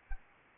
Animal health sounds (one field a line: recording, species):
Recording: mosquito wingbeat signal from an infrared sensor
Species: Anopheles arabiensis